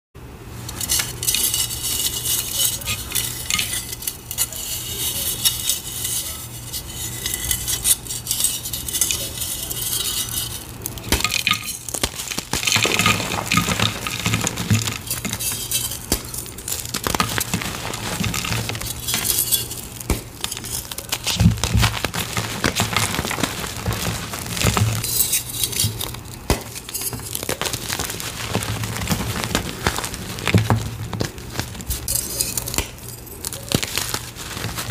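Gym chalk is carved in a continuous stream of bright scraping and crumbling, with small crisp crackles scattered throughout. Around the eleven-second mark the texture shifts to slightly rougher, grittier strokes with occasional sharper clicks, and a faint low hum sits underneath the whole time.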